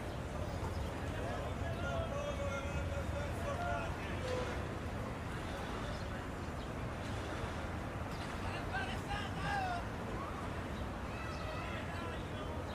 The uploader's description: the sounds of a busy plaza in Italy. You can hear the sound of Italian conversations, footsteps, and traffic.